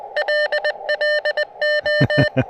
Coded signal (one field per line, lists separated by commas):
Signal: Morse code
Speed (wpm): 20 wpm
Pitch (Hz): 600 Hz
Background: none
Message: LLO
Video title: Late-Shift QRP & Coffee: Testing the Chelegance MC-750 80M Coil During a PM POTA Activation!